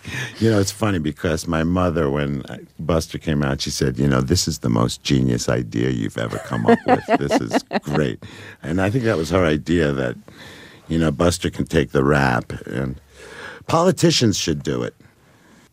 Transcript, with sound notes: You know, it's funny because my mother - when Buster came out, she said, you know, this is the most genius idea you've ever come up with.
(Laughter).
This is great. And I think that was her idea that, you know, Buster can take the rap. And politicians should do it.